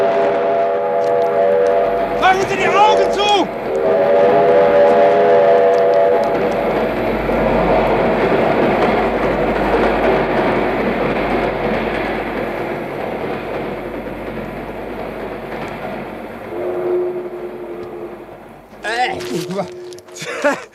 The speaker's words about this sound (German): Halten Sie sich fest! Da kommt der Schnellzug! Der macht schönen Dreck und Wind!